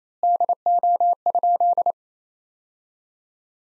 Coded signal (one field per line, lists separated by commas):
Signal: Morse code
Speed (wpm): 28 wpm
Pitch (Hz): 700 Hz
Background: none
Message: DO?